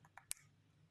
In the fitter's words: Tac. Et franchement, tout fite bien, ça clipse bien et tout.